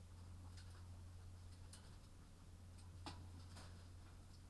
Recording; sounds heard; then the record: poultry house recording; sick chickens (respiratory disease)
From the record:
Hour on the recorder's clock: 22